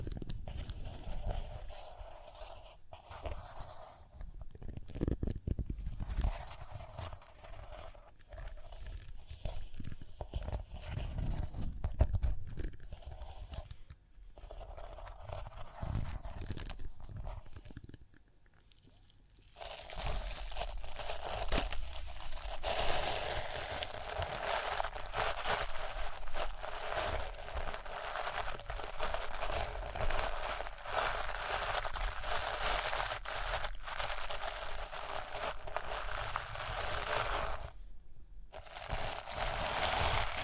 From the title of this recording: Rhinestone Tapping, Scratching, Brushing